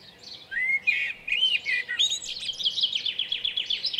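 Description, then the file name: Common blackbird song: a brief sequence of rich whistled notes sliding up and down, followed by fast, high, chattering twitters. At Lucenay. "merle lucenay"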